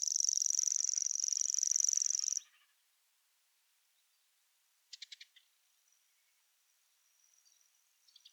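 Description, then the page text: Common grasshopper warbler giving a sustained high-pitched reeling trill that stops after about two and a half seconds, followed by silence and brief bursts of rapid ticking notes. "Голос птицы - Обыкновенный сверчок"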